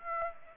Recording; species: mosquito wingbeat signal from an infrared sensor; Aedes aegypti